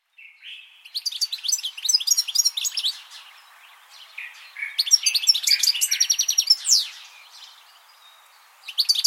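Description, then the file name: European goldfinch song: two long bursts of fast, bright twittering with tinkling trills and a drawn-out buzzy note, separated by a short quieter pause, and a third burst starting at the very end. "Carduelis carduelis"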